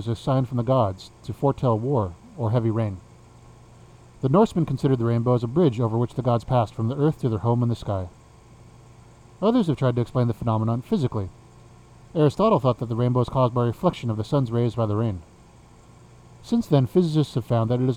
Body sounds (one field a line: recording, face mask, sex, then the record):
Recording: reading aloud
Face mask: surgical mask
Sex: male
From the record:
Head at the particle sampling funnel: facing it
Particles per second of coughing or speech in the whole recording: 0.235